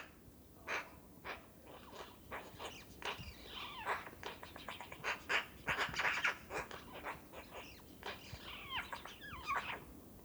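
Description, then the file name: Eurasian magpie in busy chattering, rapid harsh rasps interspersed with squeaky, slurred notes, continuing throughout. "Pica pica"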